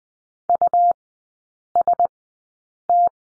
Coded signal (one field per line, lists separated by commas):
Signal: Morse code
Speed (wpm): 20 wpm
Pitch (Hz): 700 Hz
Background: none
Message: UST